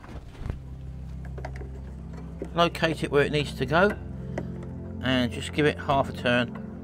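A lawnmower air filter and its cover are being located in the engine housing and turned by hand, producing a few faint knocks and scrapes while someone talks over background music. Nothing has seated or locked into place yet.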